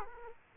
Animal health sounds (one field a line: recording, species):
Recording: mosquito wingbeat signal from an infrared sensor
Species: Aedes aegypti